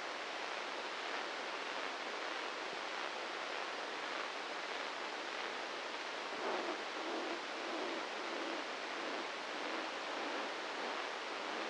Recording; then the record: brain microelectrode recording played as sound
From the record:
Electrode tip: inside the subthalamic nucleus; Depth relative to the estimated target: 2 mm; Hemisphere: left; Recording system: NeuroSet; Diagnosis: Parkinson's disease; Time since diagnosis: 15 years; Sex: male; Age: 65 years